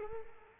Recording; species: mosquito wingbeat signal from an infrared sensor; Culex quinquefasciatus